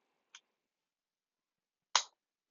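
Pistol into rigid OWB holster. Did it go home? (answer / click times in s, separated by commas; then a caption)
yes / 2.0 s. A handgun is pushed into a rigid Safariland ALS outside-the-waistband retention holster, and it seats with a sharp, loud click at 2.0 s, meaning the gun stays retained in the holster. A fainter tick comes just before, at 0.3 s, with near silence in between.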